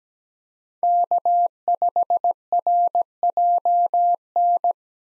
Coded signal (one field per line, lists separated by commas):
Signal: Morse code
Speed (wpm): 17 wpm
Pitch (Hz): 700 Hz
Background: none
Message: K5RJN